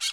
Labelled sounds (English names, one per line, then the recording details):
Brown-throated Parakeet contact call
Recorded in Bonaire
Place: 1 km N of power plant, rd to Republiek
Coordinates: 12.184, -68.285